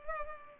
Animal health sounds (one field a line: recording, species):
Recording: mosquito wingbeat signal from an infrared sensor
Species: Culex pipiens